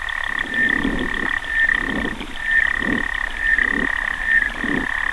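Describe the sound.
Xenopus frog trilling, near-continuous metallic clicking buzz broken by brief gaps, with soft low thumps about once a second underneath.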